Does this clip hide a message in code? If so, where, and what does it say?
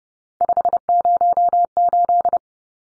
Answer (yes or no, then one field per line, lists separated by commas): yes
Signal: Morse code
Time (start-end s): 0.4-2.4 s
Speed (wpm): 30 wpm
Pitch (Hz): 700 Hz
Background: none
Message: 508